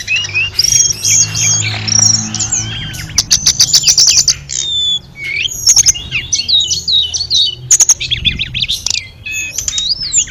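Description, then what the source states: Sunda robin song: several birds singing at once, a continuous tangle of high, fast whistles and twittering notes, with bursts of sharp clicking partway through. Five birds singing together.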